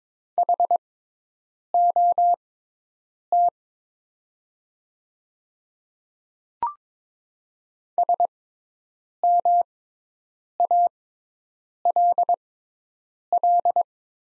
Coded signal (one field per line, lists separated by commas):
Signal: Morse code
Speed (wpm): 22 wpm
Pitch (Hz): 700 Hz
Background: none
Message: HOT SMALL